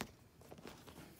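On a Honda Ruckus, the metal quick-connect coupler with a ball-bearing lock on a compression tester hose is pushed onto the spark plug adapter fitting. It gives a sharp click at 0.0 s, followed by faint handling taps and rustles around 0.4 s to 0.7 s. The coupler clicks into place and is seated.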